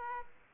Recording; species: mosquito wingbeat signal from an infrared sensor; Aedes aegypti